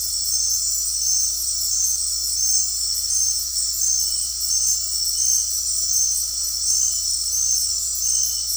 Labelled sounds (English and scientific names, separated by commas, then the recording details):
none
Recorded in dense forest near Puerto Asís, Putumayo, Colombia, on 9 March 2025 at 20:00
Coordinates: 0.503, -76.323
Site GP09